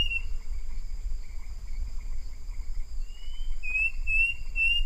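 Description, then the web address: Bird calls: a long, thin, high whistle drawn out, then a few short, slurred whistled notes near the end, over steady insect-like droning tones and a low rumble. "BIRD 2015 SABIOD"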